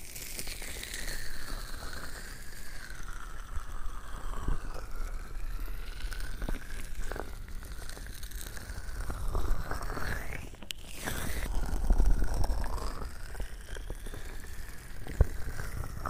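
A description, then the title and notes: Continuous rubbing of lotion over the ear, a wet, crinkly swishing whose tone swells and sinks as the hands cup and slide. Small squelchy clicks and crackles pop out now and then, with a brief sharp snap near the eleventh second. ASMR 3Dio Lotion Ear Massage.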